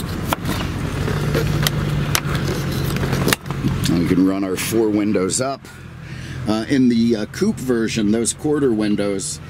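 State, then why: Seated. Convertible top fasteners on a 1985 Cadillac Eldorado Biarritz convertible are snapped back into the car body after the top is lowered, with sharp snaps at 0.3, 1.7, 2.1 and 3.3 seconds over a steady low hum. The fasteners seat, and afterwards someone talks.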